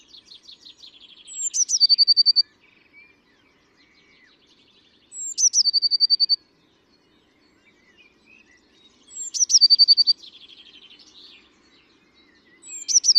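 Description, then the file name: Eurasian blue tit calls: high slurred note then a steady buzzing trill, phrases recurring about every four seconds, softer chattering between them. "Cyanistes caeruleus"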